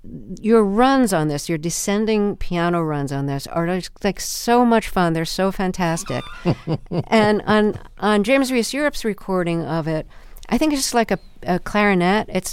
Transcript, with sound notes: Your runs on this, your descending piano runs on this are, like, so much fun. They're so fantastic.
(Laughter).
And on James Reese Europe's recording of it, I think it's just, like, a clarinet.